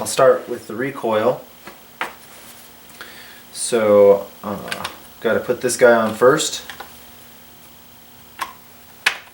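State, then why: Seated. During reassembly of a Husqvarna 41 chainsaw, torn down because the piston was varnished stuck, a small plastic part is pressed onto the saw housing before the recoil cover goes back on, lining up with two holes on a small blue piece. Someone talks over a few faint knocks, then the part pops into place with a sharp snap at 9.1 s, seated.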